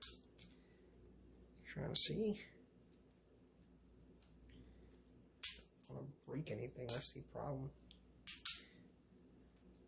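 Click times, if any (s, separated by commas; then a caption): 8.5 s. Someone talks while pressing and turning the plastic top layer of a Beyblade Burst Sparking Brave Valkyrie spinning top onto its driver/disc, with sharp plastic clicks and handling noise after a failed try and some fiddling. A sharp click at 8.5 s marks the layer seating, and it is confirmed locked.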